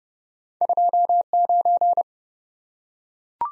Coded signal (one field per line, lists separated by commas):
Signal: Morse code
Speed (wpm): 30 wpm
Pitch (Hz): 700 Hz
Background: none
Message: 29